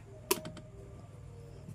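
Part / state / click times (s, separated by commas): sliding part (likely a tray or slider) into the egg incubator / seated / 0.3 s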